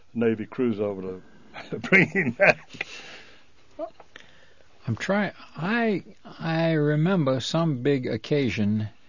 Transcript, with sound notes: a navy cruiser over to bring him back. (he laughs)
I'm trying, I, I remember some big occasion